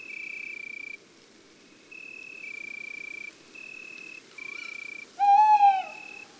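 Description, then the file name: Tawny owl: a short rising note, then a loud wavering hoot at the end. Bursts of steady high-pitched droning continue in the background. Male; woods and forests. "Chouette hulotte male Chants doiseaux des bois et des forets"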